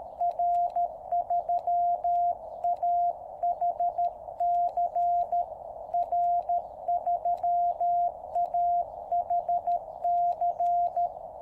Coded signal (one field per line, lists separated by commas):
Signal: Morse code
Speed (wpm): 13 wpm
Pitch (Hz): 700 Hz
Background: radio noise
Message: R3AHC R3AHC